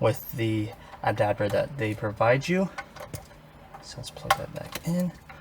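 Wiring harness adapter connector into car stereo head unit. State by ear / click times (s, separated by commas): not seated / none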